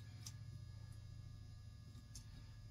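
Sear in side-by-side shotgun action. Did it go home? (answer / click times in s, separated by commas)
no / none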